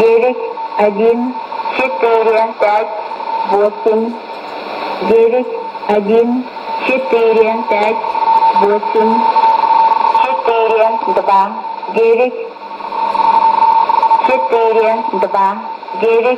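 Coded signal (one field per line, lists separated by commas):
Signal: numbers station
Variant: S06s Russian Lady, Russian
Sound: a woman's voice reading short spoken groups with pauses, over hiss and a steady whistle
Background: radio static, heterodyne whistle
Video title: 11 09 2018 S06s Russian Lady numbers station in Russian to Eu 1504 on 6464 unknown tx site USB+AM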